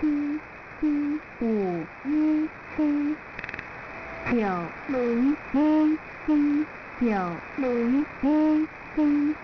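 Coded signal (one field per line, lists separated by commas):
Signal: numbers station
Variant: V13, Mandarin Chinese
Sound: a Mandarin voice reading digits slowly and evenly, with pauses and repeated groups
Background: radio static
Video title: V13 New Star Broadcasting Station 8169kHz Oct-16-2023 0200z Numbers Station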